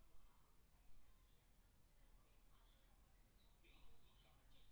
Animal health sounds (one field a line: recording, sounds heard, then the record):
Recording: poultry house recording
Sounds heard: no chicken sound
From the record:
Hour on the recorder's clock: 17